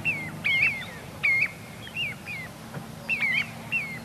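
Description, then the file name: Little ringed plover giving high, falling whistles in small groups of two or three, separated by brief quiet gaps. "Corriere Piccolo"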